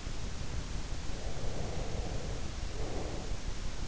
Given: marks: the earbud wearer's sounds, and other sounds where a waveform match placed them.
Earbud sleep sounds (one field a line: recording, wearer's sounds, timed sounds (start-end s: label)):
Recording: sounds in sleep by an in-ear microphone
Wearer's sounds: breath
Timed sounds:
1.17-3.29 s: breath